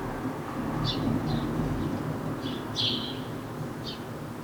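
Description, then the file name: House sparrow chirps, several short bright notes in a loose series, over a constant low rumble. "Passer domesticus"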